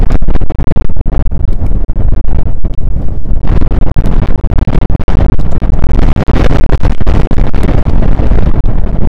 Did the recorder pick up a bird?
no